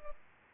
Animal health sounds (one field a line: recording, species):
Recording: mosquito wingbeat signal from an infrared sensor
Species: Aedes aegypti